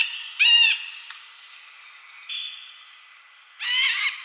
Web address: Schulze Peter Middle Spotted Woodpecker display